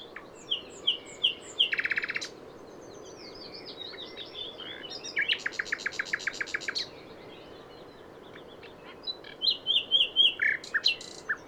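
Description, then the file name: Common nightingale song: varied phrases of whistles and fast buzzy note series, with rapid repeated notes near two and six seconds and a chattering burst at the end. "Luscinia megarhynchos"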